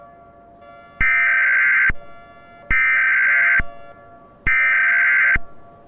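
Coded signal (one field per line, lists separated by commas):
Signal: Emergency Alert System (SAME) tones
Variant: header bursts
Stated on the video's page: A fictional EAS scenario about a nuclear disaster, not a real alert.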